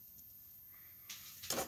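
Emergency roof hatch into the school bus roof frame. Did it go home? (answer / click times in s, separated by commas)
yes / 1.5 s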